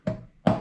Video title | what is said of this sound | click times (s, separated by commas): Home Brew: Raspberry Ripple Porter - 6.8% ABV | And I put the airlock cap on top, which snaps into place. | 0.5 s